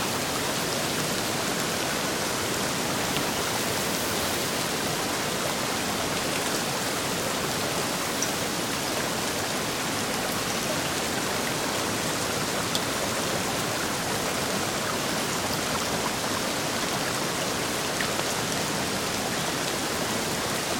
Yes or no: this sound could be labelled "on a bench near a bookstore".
no